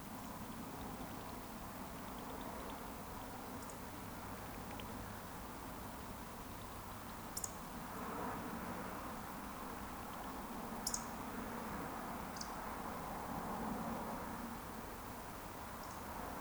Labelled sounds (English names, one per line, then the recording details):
Eurasian Woodcock whistle
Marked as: whistle, whistle, whistle, whistle, whistle, whistle
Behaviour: display flight
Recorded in Baden-Württemberg, Germany, on 13 June 2020 at 20:38 UTC
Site 14569, 102 m above sea level